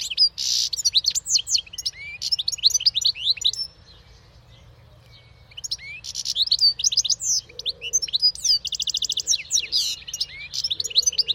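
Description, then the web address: Bird song, fast high twittering and chirps in long bursts, a quiet gap of about two seconds, then the chirping resumes busily. "Deverinetal. Bird Only"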